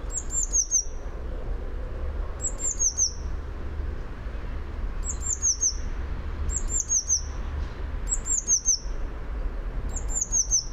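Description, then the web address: Eurasian blue tit delivering high, thin slurred notes with a trilled tail, repeated six times with short pauses. "fugl b-mejse"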